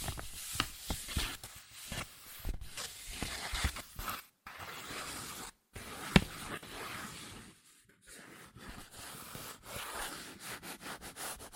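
Quick tapping, scratching and tracing on cardboard and paper, with dense, bright, papery rustles and sharp taps coming in rapid bursts. Brief full silences break the sound near 4.3, 5.7 and 8 seconds, and a louder sharp tap lands around 6 seconds.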